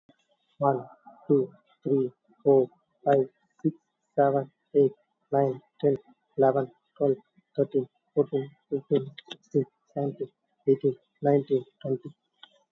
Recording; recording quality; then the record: counting at a normal pace; excellent, no background noise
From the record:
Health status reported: recovered from COVID-19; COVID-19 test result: positive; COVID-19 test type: RT-PCR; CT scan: taken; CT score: 8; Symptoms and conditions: none ticked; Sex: male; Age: 38 years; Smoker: no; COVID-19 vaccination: one dose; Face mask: not worn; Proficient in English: yes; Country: India